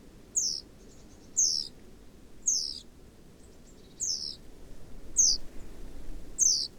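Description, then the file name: Great tit calling with piercing, high, falling notes about once a second, faint chattering between some notes and a slightly louder low background rumble. "Parus major"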